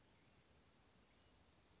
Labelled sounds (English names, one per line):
California Towhee